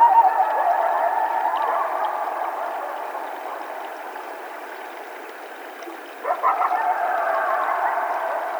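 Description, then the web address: Coyote howls, a long held wail fading out, then a fresh chorus of yipping and quavering howls starting near six seconds. Several coyotes at night, recorded 12 July 2010. "Coyote 2010 07 12 Coyotes"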